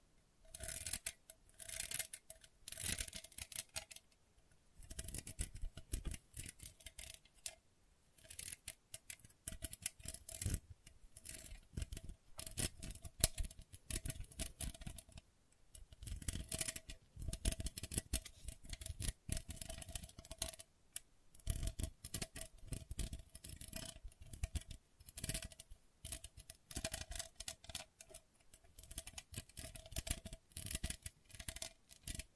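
Gentle scratching comes in dense, uneven bursts of crisp ticking strokes, pausing briefly around five, fifteen and twenty-one seconds, with a faint steady tone underneath.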